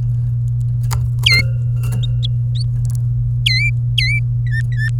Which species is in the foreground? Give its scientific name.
Serinus canaria